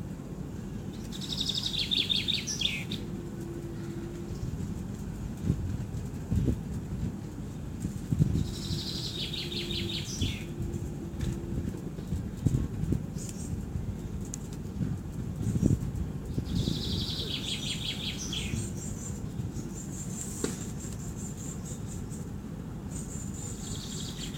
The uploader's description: Bird's singing in Moscow city park